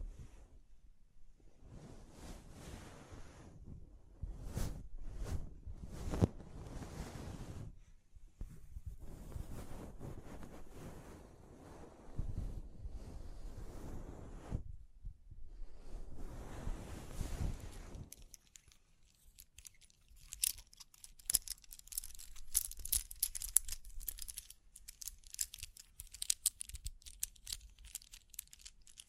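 Scratching and brushing sounds come in rough, rushing strokes for the first eighteen seconds, each swell a few seconds long with a strong low rumble. After that the texture changes to dense, bright crinkles and quick tapping clicks that crackle unevenly until the end.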